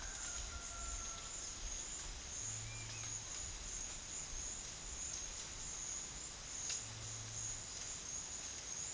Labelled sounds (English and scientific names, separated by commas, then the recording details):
none
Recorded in secondary vegetation near Puerto Asís, Putumayo, Colombia, on 29 June 2025 at 11:30
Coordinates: 0.498, -76.327
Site GP09